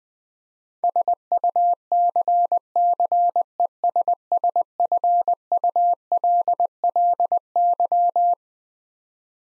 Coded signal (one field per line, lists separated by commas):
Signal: Morse code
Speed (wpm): 20 wpm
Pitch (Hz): 700 Hz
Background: none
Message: SUCCESSFULLY